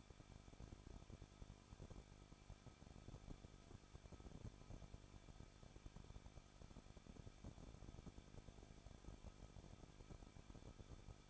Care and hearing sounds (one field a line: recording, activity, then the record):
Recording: daily activity, microphone in the room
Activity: no activity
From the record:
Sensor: 5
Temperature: 20.8 degrees Celsius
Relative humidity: 38.4%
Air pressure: 1006.4 hPa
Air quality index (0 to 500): 189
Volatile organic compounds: 19 ppm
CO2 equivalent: 2668 ppm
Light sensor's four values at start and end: 2/3/1/1 and 2/3/1/1